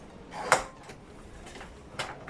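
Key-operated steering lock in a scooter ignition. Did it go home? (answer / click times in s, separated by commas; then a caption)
released / 0.5 s. A key pushed into the ignition of a Peugeot Kisbee R 50cc scooter is twisted to the left to unlock the steering lock. A sharp click is heard at 0.5 s as the steering lock releases, followed by two fainter knocks around 2.0 s and 2.3 s.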